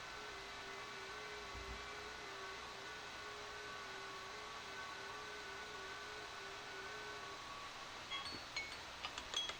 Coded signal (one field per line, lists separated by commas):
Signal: FT8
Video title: CQ or Pounce: an FT8 Experiment!